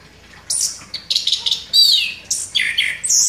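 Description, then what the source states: Orange-headed thrush song, dense high-pitched twittering and whistled notes delivered in quick, tightly packed bursts with hardly a break. Indonesian name anis kembang; described as gacor, singing vigorously and continuously.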